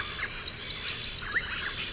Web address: Nature Songs S America Eastern Lowlands - Ornithion inerme, song